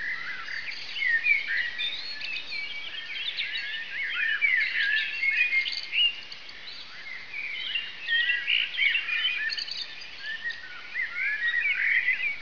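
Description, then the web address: Birds calling, a busy mix of short chirps and twittering notes from several callers, overlapping and irregular throughout. "de plaka birds"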